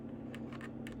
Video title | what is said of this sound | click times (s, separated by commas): The Elegoo Centauri Carbon is BROKEN - Let’s fix it. | Make sure it clicks. You hear that click? | 0.9 s